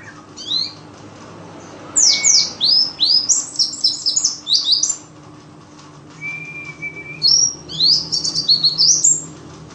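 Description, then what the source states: White-eye song: bursts of high, quick, sweeping chirps separated by quiet stretches, with a thin steady whistle between them. Forest white-eye song material (isian) for training songbirds (masteran).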